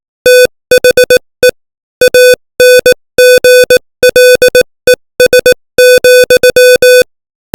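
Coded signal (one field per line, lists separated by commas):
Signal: Morse code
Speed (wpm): 18 wpm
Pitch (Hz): 500 Hz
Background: music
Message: THE ANGLES,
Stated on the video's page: Morse code practice at 18 WPM, opening with VVV, sending English text.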